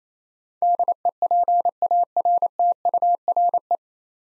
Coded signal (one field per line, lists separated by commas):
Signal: Morse code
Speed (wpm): 28 wpm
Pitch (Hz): 700 Hz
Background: none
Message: DEPARTURE